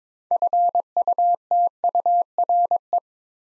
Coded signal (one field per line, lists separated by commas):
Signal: Morse code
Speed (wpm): 22 wpm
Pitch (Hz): 700 Hz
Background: none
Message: FUTURE